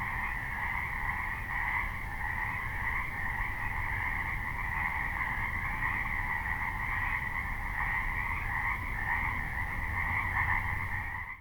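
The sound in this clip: Frogs calling in a dense, unbroken chorus, overlapping croaking trills forming a steady drone throughout, with a low rumbling hum underneath.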